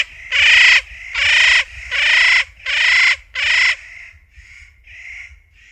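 Spotted nutcracker calling with loud, hoarse, rasping notes, five strong calls close together about every 0.8 seconds, followed by several fainter, softer calls fading off.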